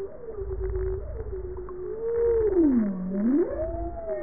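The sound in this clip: Bowhead whale tonal call: a low, moaning tone that holds steady, then dips down and swoops back up in a smooth U-shaped curve, with faint overtones above and low rumbling water noise beneath.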